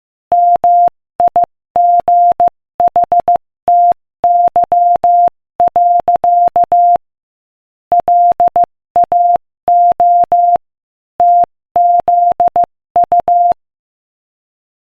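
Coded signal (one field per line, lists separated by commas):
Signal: Morse code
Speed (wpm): 16 wpm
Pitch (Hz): 700 Hz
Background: none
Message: MIGHTY. LAO TZU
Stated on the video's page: Morse code practice at 15 wpm, sending inspirational quotations.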